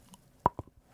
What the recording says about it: So I got TMJ. It's that thing where you grind your teeth at night. And your jaw gets all funky. And my jaw pops around.